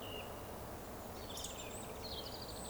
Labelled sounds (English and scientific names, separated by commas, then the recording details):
Eurasian Woodcock (Scolopax rusticola) whistle
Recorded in Baden-Württemberg, Germany, on 11 June 2020 at 20:17 UTC
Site 14569, 102 m above sea level